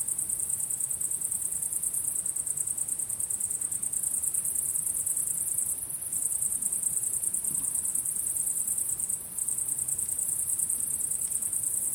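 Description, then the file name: Cricket chirping, a high rapid trill that keeps going with a brief break near nine seconds. At sunset. "syrsor solnedgang"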